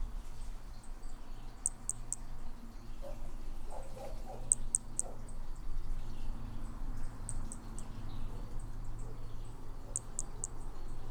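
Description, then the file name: Hermogenes' toadlet calling with bursts of three very high, sharp clicks repeated roughly every three seconds, over a low hum and faint insect chirps. Individual 01, example 01, at Picinguaba, Brazil, on 13 December 2017. "MHNCI Brachy hemogenesi Picinguaba ind 01 ex 01 sem detalhes 13 dez 2017"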